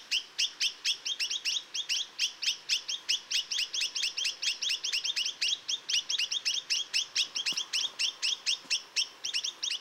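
Chinese nuthatch calls: high, clipped notes repeated rapidly and continuously, slightly irregular in rhythm.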